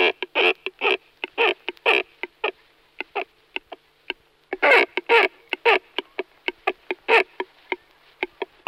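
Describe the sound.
Cormorant calls: a series of harsh, rasping grunts in rapid rhythmic pulses, with a brief pause near the middle before they resume.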